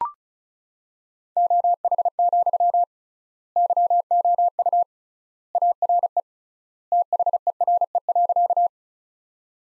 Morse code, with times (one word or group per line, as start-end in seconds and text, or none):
1.4-2.8 OH,
3.6-4.8 YOU
5.6-6.2 ARE
6.9-8.7 THERE.